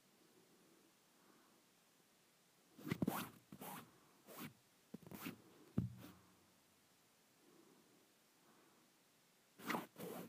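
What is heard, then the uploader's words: Fabric being handled in short, dry bursts of rustling and brushing. After a quiet opening, a cluster of swishes runs from about 3 to 6 seconds, with one sharp tap near 5.8 seconds, then a pause before a final rustle near 10 seconds. ASMR Satisfying Fabric.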